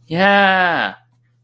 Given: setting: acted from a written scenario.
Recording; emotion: vocal sound without words; triumph